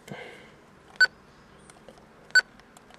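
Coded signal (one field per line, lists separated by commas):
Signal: roger beep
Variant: Uniden UHF CB radio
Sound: three short clicked beeps around 1.5 kHz, spaced about a second apart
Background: quiet room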